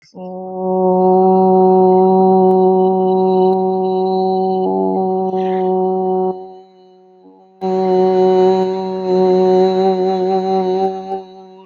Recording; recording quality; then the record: sustained vowel as in boot; excellent, no background noise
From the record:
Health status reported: healthy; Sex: female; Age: 18 years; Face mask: not worn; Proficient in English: no